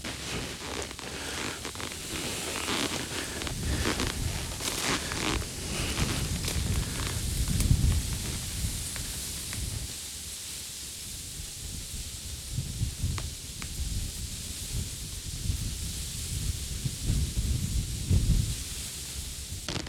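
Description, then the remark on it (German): Beach grass (marram grass) rustles steadily in the wind, a continuous hissing swish with irregular louder gusts and a low rumble of wind underneath, no voices present. “Hier mit dem, ist das Strandhafer, ne? Wie der rauscht.”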